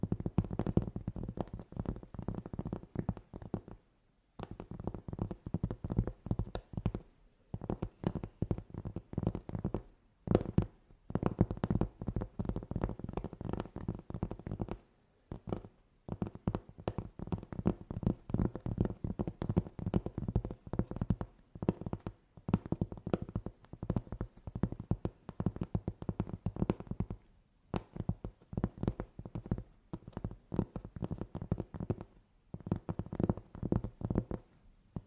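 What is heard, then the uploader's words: ASMR tapping in quick, dense bursts of soft, low, thudding taps, running almost continuously for the whole 35 seconds. Brief silent pauses break the rhythm about every few seconds, near 4, 7, 10, 15, 22 and 27 seconds. The taps stay fairly even in loudness. ASMR Tapping For Sleep 100% Tingles! (No Talking).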